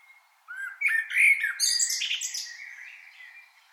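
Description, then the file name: Common blackbird singing one mellow whistled phrase that breaks into a rapid, high, scratchy chatter lasting a few seconds. "Turdus merula"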